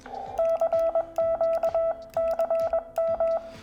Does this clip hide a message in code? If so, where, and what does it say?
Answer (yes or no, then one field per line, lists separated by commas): yes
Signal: Morse code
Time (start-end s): 0.4-3.4 s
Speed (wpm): 21 wpm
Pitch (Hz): 660 Hz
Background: none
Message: CQ CM